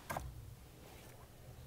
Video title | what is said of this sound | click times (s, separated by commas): Mercedes W203 Intake Manifold Replacement DIY (2005-2012 Mercedes M272 Swirl Flap Repair) - Part 2 | guy you can just press fit on you'll hear it click | 0.1 s